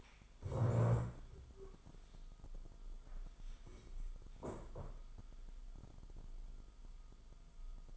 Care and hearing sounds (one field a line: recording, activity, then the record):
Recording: daily activity, microphone in the room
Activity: stand up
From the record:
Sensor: 5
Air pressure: 1005.2 hPa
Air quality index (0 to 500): 106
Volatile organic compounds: 2 ppm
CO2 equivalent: 1296 ppm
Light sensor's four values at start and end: 34/79/32/30 and 34/79/32/30